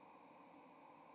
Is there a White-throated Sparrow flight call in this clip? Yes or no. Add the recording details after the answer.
no. Another species' flight call is heard. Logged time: 08:47 on 30 October 2014